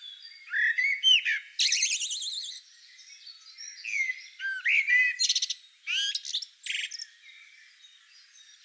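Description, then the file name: Eurasian blackbird mixing fluty notes with harsh, rattling chatters and buzzy trills, several bursts in quick succession. "Turdus merula"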